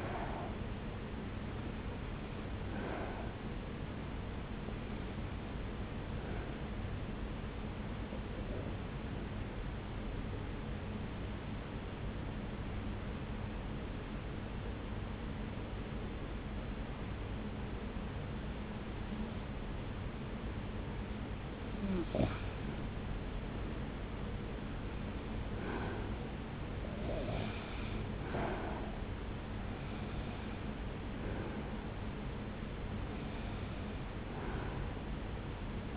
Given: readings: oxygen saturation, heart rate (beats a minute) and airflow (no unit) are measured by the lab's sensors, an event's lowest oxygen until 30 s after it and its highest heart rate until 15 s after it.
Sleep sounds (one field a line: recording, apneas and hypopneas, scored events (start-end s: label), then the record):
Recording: breathing in sleep by a voice recorder at the bedside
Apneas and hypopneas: 1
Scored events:
4.00-26.70 s: hypopnea (REM, oxygen 95% highest, then 90% lowest)
From the record:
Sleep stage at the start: REM sleep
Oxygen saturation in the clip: 83 to 95%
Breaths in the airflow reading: 7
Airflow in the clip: -1.9 to 3.4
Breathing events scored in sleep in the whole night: 335 in 6.7 hours asleep